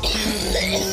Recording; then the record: coughing mixed with background sound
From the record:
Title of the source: choking, hacking coughing